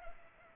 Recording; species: mosquito wingbeat signal from an infrared sensor; Culex pipiens